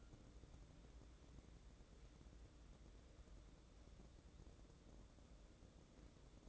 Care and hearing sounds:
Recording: daily activity, microphone in the room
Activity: wipe stove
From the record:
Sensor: 3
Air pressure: 1012.3 hPa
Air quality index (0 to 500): 178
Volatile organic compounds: 3 ppm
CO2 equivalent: 1358 ppm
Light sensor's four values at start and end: 567/1410/582/596 and 567/1408/581/595

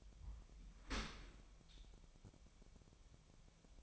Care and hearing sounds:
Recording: daily activity, microphone in the room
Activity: open dishwasher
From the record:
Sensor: 1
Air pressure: 1006.8 hPa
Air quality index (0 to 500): 208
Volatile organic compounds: 24 ppm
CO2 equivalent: 2803 ppm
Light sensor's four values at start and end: 12/32/12/14 and 12/32/12/14

